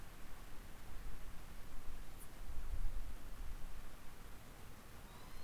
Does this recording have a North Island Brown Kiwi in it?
no